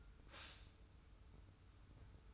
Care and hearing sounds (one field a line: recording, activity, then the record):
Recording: daily activity, microphone in the room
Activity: stop toaster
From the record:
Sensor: 2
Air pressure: 990.6 hPa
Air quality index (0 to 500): 163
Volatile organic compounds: 809 ppm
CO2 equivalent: 5137 ppm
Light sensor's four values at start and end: 24/56/23/23 and 24/56/23/23